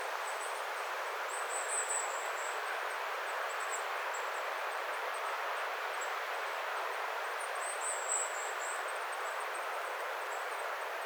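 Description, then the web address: Goldcrest calls as clusters of tiny, very high-pitched tinkling notes, mostly bunched in two bursts, set against constant wind-like background hiss. Several goldcrests calling eagerly, 11 October 2025. "11 10 2025 hippiaisten innokasta aantelya"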